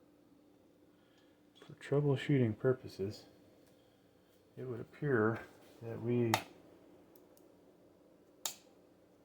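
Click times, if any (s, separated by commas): 8.5 s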